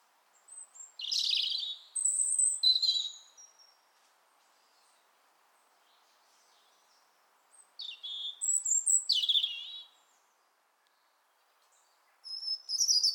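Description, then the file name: European robin song: several high, sparkling phrases mixing thin drawn whistles with quick rattling trills, delivered in bursts with pauses of a few seconds between them. "Erithacus rubecula"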